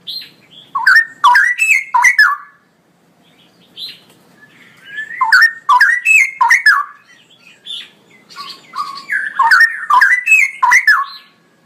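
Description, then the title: Straw-headed bulbul song, three loud gurgling phrases of rich sliding notes, separated by pauses with faint high chirps. Male bird, singing constantly in a loud voice with long rolling phrases; recording meant for training other birds. "GILEEE Cucak ROWO Jantan GACOR Suara Lantang ROoo EL Panjang"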